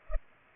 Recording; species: mosquito wingbeat signal from an infrared sensor; Culex pipiens